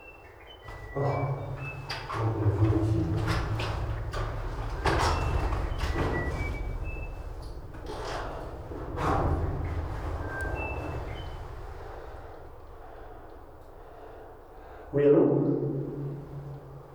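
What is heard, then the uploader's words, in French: Dull, heavy blows thud through ice in the dark, over a steady deep rumble. Sharp cracks and short high squeaks land every second or two through the first half, then thin out before one loud knock near the end that rings briefly. Glacier de la Meije - Parc national des Ecrins. J'ai posé durant 15h00 les micros au coeur du glacier et je peux ainsi entendre parfois les sourds coups de boutoir dans le noir glacé. Le matin il fait -2° à mon arrivée. Coeur de glacier.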